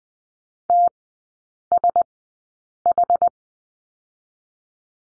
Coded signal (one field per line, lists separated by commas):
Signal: Morse code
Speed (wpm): 20 wpm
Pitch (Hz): 700 Hz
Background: none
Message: TSH